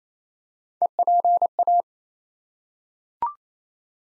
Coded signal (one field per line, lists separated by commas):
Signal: Morse code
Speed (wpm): 28 wpm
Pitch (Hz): 700 Hz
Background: none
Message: EPA